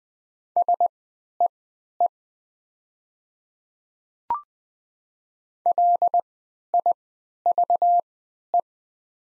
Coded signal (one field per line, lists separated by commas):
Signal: Morse code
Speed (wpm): 20 wpm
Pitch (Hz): 700 Hz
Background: none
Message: SEE LIVE